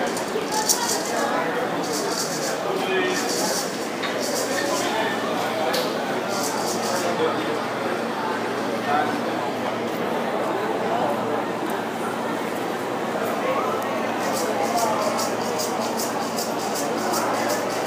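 A crowd murmurs steadily along Calle Obispo in Havana, many overlapping voices blending into a dense, unbroken chatter. Short bright hissing bursts cut through in the first seven seconds, and a quick run of rapid ticking clatter appears near the end.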